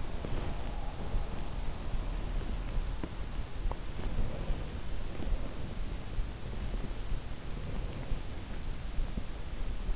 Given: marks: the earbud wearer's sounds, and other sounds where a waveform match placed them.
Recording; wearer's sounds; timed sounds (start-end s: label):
sounds in sleep by an in-ear microphone; body movement
0.00-5.83 s: body movement